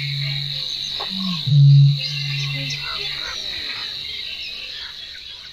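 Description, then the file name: Eurasian bittern giving a single deep low boom after a short grunt, with a steady high hum in the background. "BĄK"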